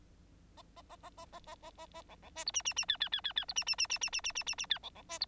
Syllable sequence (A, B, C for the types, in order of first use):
A A A A A A A A A A B B C D E E E F F F F F D E E E E E E E E E E F B B C D